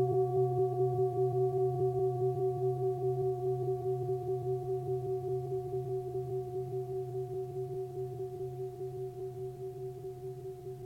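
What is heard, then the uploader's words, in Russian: A struck metal instrument, like a gong or bell, rings on after the hit, its sound slowly fading. Several steady tones hold together throughout, a low hum with clearer ringing tones above, wavering gently in a slow pulse as the decay continues. После удара эти инструменты ещё некоторое время вибрируют, создавая волну удаления звука.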